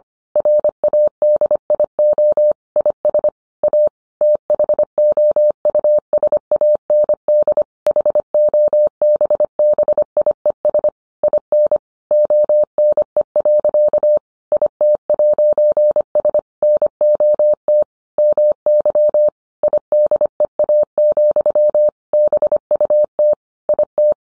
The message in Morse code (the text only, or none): RADIO IS A THOUSAND HOBBIES IN ONE. IT'S NOT MY IDEA, BUT IT